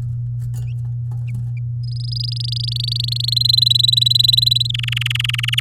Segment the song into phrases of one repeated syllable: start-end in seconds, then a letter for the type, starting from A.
1.83-3.34 A, 3.36-4.67 B, 4.69-5.60 C